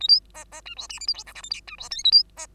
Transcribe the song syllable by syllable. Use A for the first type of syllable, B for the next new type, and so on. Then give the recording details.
A B C C D E F G H I J K L M D E N A B C. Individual Bird2